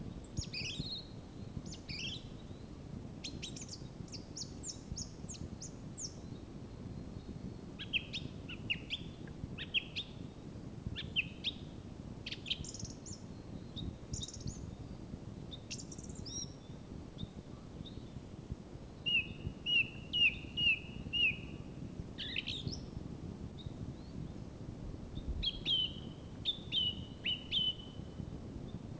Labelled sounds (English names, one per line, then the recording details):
Song Thrush song
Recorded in the wild
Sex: male
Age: adult
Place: Mirnock, Kärnten, AT
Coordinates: 46.75, 13.73
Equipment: Hornyphon, Phillips Mikrofon
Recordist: Brunner, Thomas
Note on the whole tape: Frühjahr 1967, oberhalb der Netzelwand aufgenommen